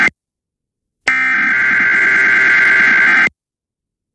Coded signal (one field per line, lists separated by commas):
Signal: Emergency Alert System (SAME) tones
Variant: header bursts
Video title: Tornado Watch Including Atlanta EAS #322